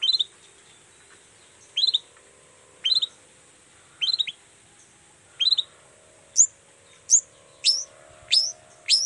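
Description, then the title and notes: Long-tailed shrike song: spaced sharp downslurred notes about every second, then higher, thinner versions repeated more quickly, with a faint hum beneath. Cendet song in the morning, described as gacor (singing intensely) with toet toet variations, used to provoke other cendet into answering. "Cendet Gacor Dor Di Kala Pagi Toet Toet Variasi Suara. Cendet Gacor Pagi Hari Biangnya Bikin Cendet Manapun Langsung On Nyaut Buka Materi. Burung cendet"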